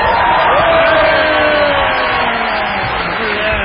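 A loud, continuous roar of audience applause and cheering, dense and steady throughout, with shouts and whoops rising above the crowd noise.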